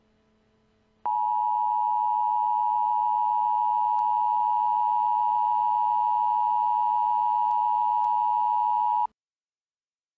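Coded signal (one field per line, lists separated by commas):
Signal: Emergency Alert System (SAME) tones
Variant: 853 and 960 Hz attention tone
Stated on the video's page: Fictional nuclear attack EAS scenario made for fun; the SAME tones may or may not be valid.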